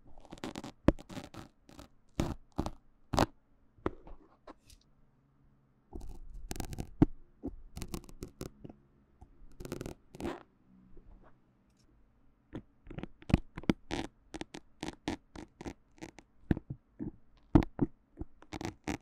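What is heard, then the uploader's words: Handling sounds from removing a needle: sharp clicks, taps and scrapes arrive in irregular bursts across the whole recording. Between them sit short quiet gaps with a faint low hum, and a denser rustling stretch around six to seven seconds. 拔針的強烈觸發. Remove the needle from the MIC. NoTalking.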